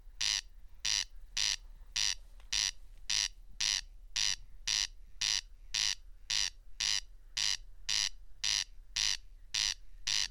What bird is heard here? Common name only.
Corn Crake